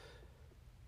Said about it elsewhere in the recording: You guys hear my frog sounds? have to clear my throat now because I'm sick.